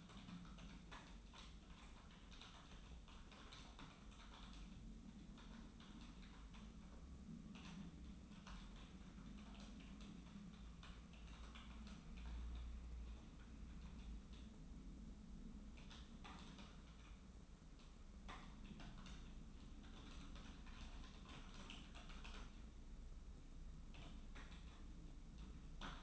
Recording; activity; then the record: daily activity, microphone in the room; typing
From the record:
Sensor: 1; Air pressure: 994.4 hPa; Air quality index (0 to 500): 220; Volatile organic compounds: 1000 ppm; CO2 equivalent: 7869 ppm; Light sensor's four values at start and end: 60/134/60/63 and 59/131/58/62